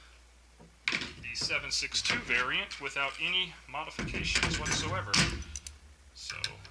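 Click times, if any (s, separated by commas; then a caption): none. A quick-detach optic mount is being handled at the side rail of a 7.62 AK variant, unmodified, while someone talks throughout. Brief sharp transients are heard at about 0.9 s and 5.6 s, but nothing has seated or clicked into place yet.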